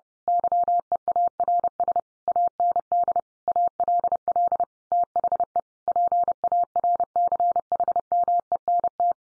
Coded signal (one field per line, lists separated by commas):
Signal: Morse code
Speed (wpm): 30 wpm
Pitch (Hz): 700 Hz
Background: none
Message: YEARS AND ALL THE PARCHMENT